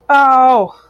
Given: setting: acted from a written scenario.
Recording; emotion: vocal sound without words; interest